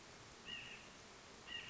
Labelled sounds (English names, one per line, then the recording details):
White-breasted Nuthatch
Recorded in Sonoma County, California